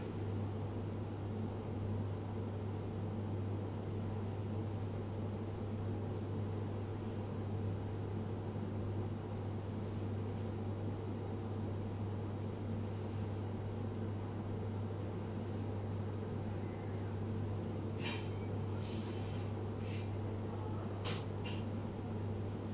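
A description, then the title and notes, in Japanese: Everyday sounds: a steady low engine-like hum drones throughout, with a few brief clicks and rattles near the end around eighteen to twenty-one seconds. 生活音。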